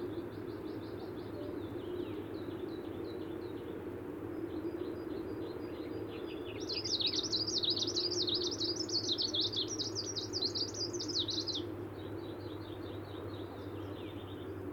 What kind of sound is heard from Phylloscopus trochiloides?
song